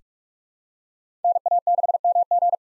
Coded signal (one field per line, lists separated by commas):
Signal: Morse code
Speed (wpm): 46 wpm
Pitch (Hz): 700 Hz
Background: none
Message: NA6MG